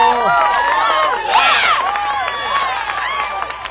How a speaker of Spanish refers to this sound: Así que un aplauso para ustedes, emprendedores de este Ecuador amazónico.